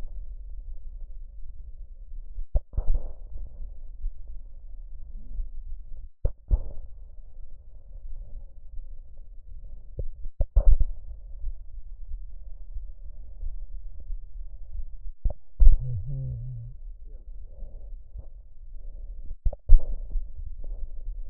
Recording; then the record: lung sounds by stethoscope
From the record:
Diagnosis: emphysema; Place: left posterior upper chest